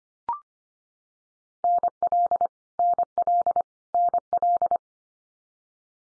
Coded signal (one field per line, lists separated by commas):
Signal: Morse code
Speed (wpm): 25 wpm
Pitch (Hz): 700 Hz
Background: none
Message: NL NL NL